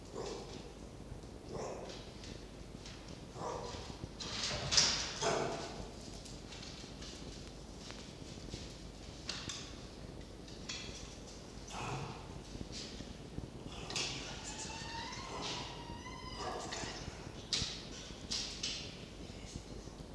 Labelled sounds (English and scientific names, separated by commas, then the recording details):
Red Fox (Vulpes vulpes)
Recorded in captivity
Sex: male
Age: adult
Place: Zoologisches Institut der HUB, Berlin, DE
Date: 1952-11-20 18:50
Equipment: Elmetra
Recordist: Tembrock, Günter
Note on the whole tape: Jupp: offenes Knurren und Knurrbellen (oder geschlossenes Bellen?); Castor: Angstwinseln